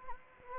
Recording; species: mosquito wingbeat signal from an infrared sensor; Anopheles gambiae